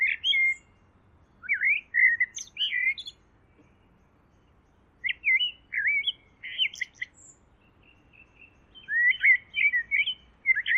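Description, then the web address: Bird song in short bursts of bright, warbling whistled notes with quick up-and-down slurs, several phrases separated by pauses of a second or two, in a quiet background. "cianscape birddata Deverinetal 2025 File origin Bird Only Tu Me Tu Me"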